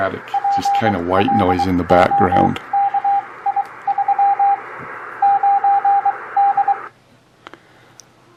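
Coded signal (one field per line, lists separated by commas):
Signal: Morse code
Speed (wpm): 23 wpm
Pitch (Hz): 800 Hz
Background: speech, radio noise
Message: PLOKI3 9D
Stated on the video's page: Morse receiving practice for beginners, with practice apps and a homemade Morse oscillator.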